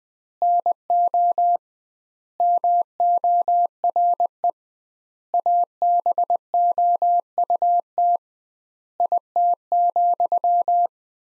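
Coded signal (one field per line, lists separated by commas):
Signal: Morse code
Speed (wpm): 20 wpm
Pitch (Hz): 700 Hz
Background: none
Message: NO MORE ABOUT IT,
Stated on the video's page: Morse practice of sentences from the top 200 words at 20 wpm with 2x word spacing, a method analogous to Farnsworth.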